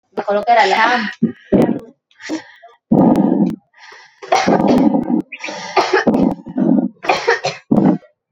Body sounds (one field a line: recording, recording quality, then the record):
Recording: shallow breathing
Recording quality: excellent, no background noise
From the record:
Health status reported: healthy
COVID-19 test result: not tested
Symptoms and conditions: none ticked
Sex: female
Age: 28 years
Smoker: not ticked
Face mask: not worn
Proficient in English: yes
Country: India